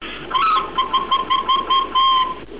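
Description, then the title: Bird song: a quick run of about eight clear, whistled notes at nearly the same pitch, each note short, delivered over two seconds. Bird chirping. "SuaraBurung Kicau"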